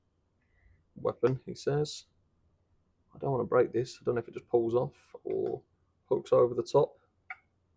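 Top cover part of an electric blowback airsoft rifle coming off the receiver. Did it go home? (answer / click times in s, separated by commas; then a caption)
released / 7.3 s. Someone talks while stripping a Tokyo Marui EVOLT Recoil Shock electric blowback airsoft rifle, pulling on its upper receiver top cover. At 7.3 s a single sharp, short snap is heard as the top cover pops off the receiver.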